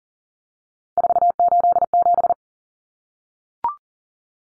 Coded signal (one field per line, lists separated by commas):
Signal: Morse code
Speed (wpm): 40 wpm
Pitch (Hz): 700 Hz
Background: none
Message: 487